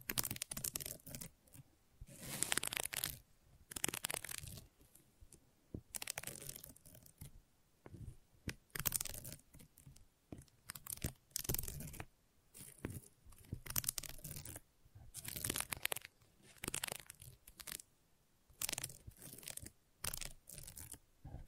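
Gentle scratching comes in short bursts of dry, papery rasping with a crinkly, tearing texture. The strokes are irregular, a second or two each, separated by brief quiet gaps, and they continue steadily throughout. The sound is bright and hissy with little low end.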